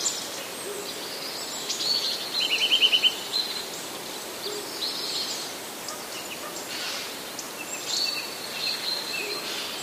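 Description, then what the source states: Eurasian nuthatch trill: a short, fast run of pulsed notes lasting under a second, with thin high chirps from other small birds scattered around it. Autumn trills.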